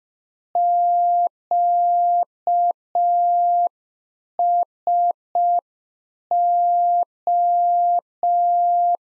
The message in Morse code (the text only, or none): QSO